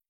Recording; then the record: hydrophone in a shrimp aquaculture tank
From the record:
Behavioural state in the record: feeding